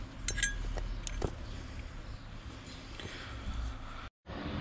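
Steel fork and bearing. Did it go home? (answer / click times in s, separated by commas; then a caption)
no / none. A new clutch release fork is pushed fully onto the clutch release bearing of a 1.6 HDI gearbox on a PSA Peugeot Citroën Berlingo. Light metallic clinks come near 0.3, 0.8, 1.1, 1.2 and 3.0 s over a steady low hum, with a brief dropout to silence around 4.1–4.3 s. Even pushed all the way in, the fork has not clipped onto the bearing yet.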